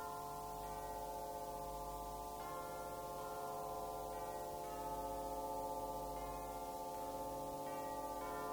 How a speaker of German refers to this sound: Es ist Sonntagmorgen. Tauwetter. Vorüberstreifende Wolken. Blau dazwischen. Die Kirche liegt am Berg. Lenz steht oben, wie die Glocke läutet, und die Kirchgänger in ihrer ernsten schwarzen Tracht die schmalen Pfade zwischen den Felsen herauf